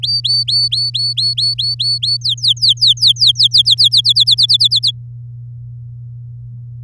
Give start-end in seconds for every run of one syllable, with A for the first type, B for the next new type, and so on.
0.02-2.17 A, 2.21-4.01 B, 4.04-4.91 C